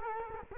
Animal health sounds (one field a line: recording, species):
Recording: mosquito wingbeat signal from an infrared sensor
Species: Culex quinquefasciatus